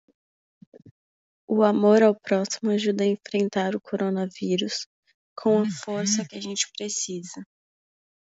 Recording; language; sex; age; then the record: spoken sentence; Brazilian Portuguese; female; 18 to 19 years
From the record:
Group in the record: control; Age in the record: 19 years